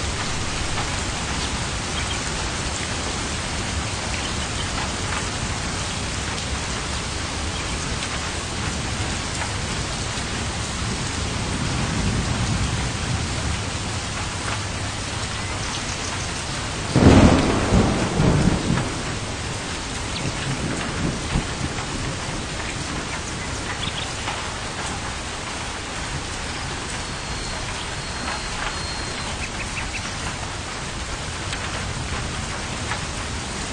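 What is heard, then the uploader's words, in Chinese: Steady, dense rain falls throughout, a continuous hiss with patter of drops on a surface. Around 12 seconds a low rumble swells briefly, and at about 17 seconds a louder burst, like a thunder crack or heavy splash, stands out before the even downpour resumes. 雨声绵绵。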